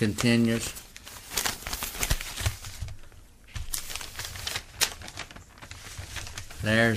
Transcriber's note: paper shuffling sounds